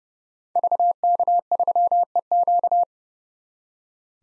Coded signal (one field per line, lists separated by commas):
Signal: Morse code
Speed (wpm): 30 wpm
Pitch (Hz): 700 Hz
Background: none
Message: VK3EQ